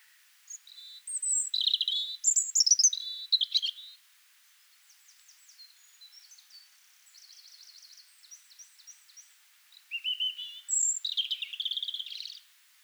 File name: Erithacus rubecula